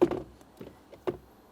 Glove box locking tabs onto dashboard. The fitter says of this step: Slide it up. Listen for a click.